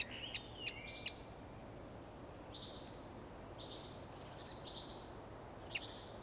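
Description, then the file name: Eurasian wren giving sharp, hard ticking calls, a quick run of a few then one more later, with faint flat whistled notes repeating in the background. "Troglodytes troglodytes"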